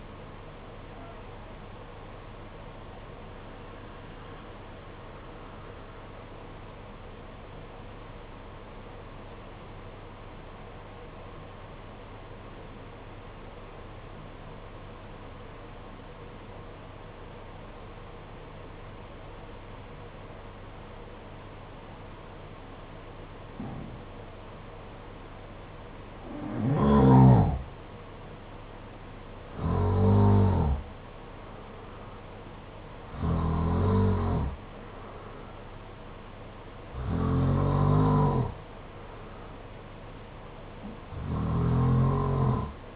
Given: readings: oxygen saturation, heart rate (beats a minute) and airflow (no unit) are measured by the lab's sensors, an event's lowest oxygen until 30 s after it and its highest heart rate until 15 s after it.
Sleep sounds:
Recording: breathing in sleep by a voice recorder at the bedside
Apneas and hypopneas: 1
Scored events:
8.00-27.00 s: obstructive apnea (N2, oxygen 95% highest, then 87% lowest, heart rate 50 at the start, 57 highest)
From the record:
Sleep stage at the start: N2 (light sleep)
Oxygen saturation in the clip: 81 to 95%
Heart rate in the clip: 49 to 57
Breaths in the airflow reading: 6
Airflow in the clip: -8.9 to 6.9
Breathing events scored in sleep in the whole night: 476 in 9.7 hours asleep

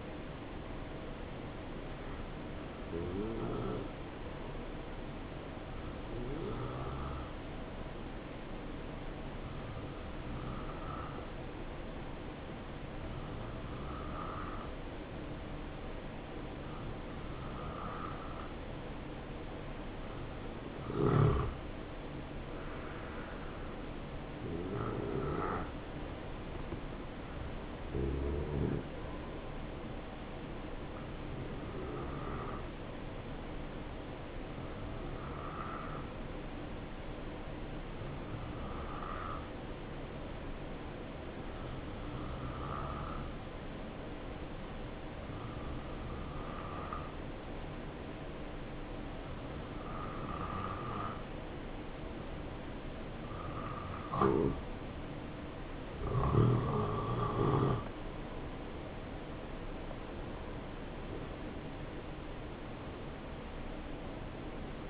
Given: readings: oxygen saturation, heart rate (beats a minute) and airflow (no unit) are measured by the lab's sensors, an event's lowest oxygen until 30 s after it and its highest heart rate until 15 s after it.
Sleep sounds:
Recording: breathing in sleep by a voice recorder at the bedside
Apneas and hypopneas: 1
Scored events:
30.00-57.40 s: hypopnea (N2, oxygen 92% highest, then 87% lowest, heart rate 66 at the start, 77 highest)
From the record:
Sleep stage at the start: N2 (light sleep)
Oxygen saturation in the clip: 88 to 92%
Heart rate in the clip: 65 to 75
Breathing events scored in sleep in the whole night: 277 in 7.4 hours asleep

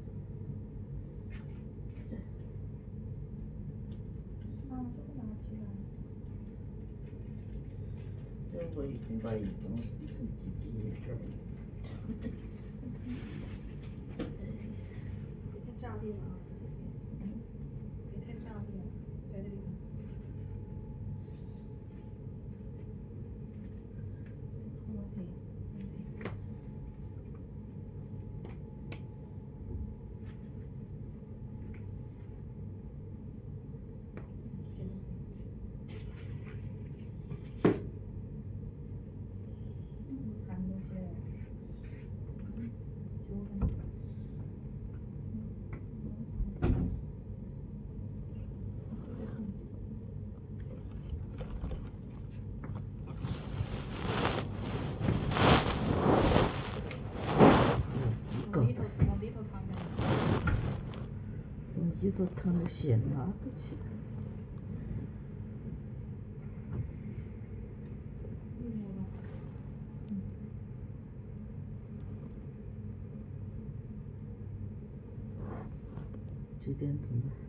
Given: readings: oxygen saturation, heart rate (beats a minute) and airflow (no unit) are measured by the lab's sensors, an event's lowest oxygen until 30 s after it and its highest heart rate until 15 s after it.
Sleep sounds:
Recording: a person awake in a sleep study, by a smartphone at the bedside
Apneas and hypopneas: none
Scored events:
0.00-77.49 s: awake
From the record:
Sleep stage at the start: awake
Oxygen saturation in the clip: 94 to 96%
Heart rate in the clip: 50 to 103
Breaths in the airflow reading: 26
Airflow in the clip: -12.9 to 12.7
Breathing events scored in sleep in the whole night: 496 in 5.4 hours asleep

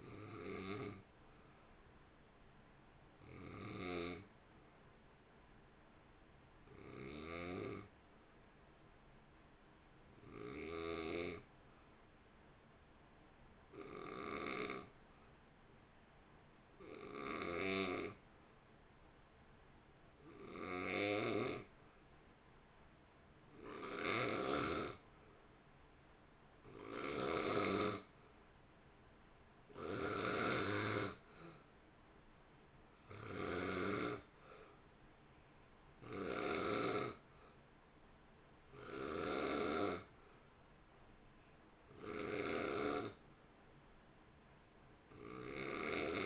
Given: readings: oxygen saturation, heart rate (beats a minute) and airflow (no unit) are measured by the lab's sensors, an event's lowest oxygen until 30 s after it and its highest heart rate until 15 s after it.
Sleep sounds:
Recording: breathing in sleep by a voice recorder at the bedside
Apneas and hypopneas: 1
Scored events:
4.00-26.90 s: hypopnea (N1, oxygen 93% highest, then 83% lowest, heart rate 53 at the start, 61 highest)
13.00-46.26 s: new sleep stage, N2 (light sleep)
From the record:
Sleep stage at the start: N1 (lightest sleep)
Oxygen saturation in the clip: 79 to 93%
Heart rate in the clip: 49 to 61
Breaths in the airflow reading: 18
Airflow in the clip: -1.4 to 1.1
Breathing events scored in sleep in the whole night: 328 in 6.3 hours asleep

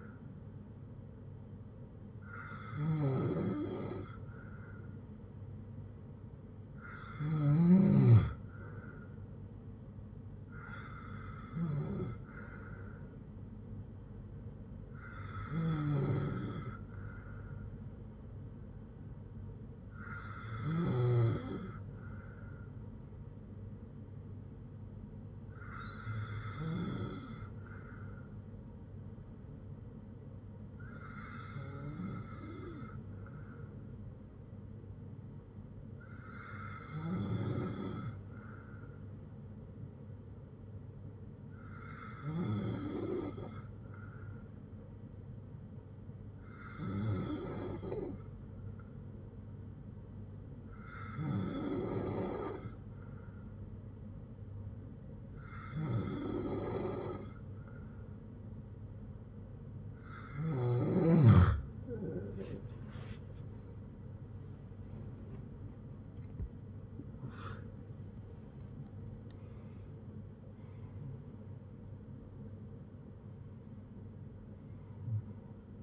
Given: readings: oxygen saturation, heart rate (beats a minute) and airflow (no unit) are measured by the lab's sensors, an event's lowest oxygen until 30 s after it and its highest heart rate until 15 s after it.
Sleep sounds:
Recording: breathing in sleep by a smartphone at the bedside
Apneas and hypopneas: 1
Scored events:
10.00-75.83 s: new sleep stage, N2 (light sleep)
32.00-63.20 s: hypopnea (N2, oxygen 96% highest, then 94% lowest, heart rate 62 at the start, 86 highest)
From the record:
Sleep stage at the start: N3 (deep sleep)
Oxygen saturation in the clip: 93 to 96%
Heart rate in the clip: 52 to 86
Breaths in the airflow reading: 17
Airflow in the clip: -13.9 to 14.0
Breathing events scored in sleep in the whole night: 182 in 7.4 hours asleep

